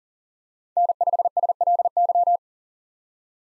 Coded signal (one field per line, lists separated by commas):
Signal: Morse code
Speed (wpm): 40 wpm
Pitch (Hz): 700 Hz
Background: none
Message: N5SLY